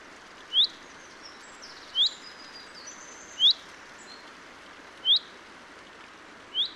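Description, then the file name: Common chaffinch giving a loud, short, downslurred call repeated about every one and a half seconds, five times, over faint high twittering and steady hiss. "Fringilla coelebs"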